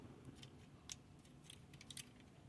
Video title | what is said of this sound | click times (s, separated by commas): Bai Wei Nemesis Prime Studio Series 102 Rotb Voyager class KO TW-30 Evil Optimus unboxing & Review | you got to plug it in you'll hear a click | 0.9 s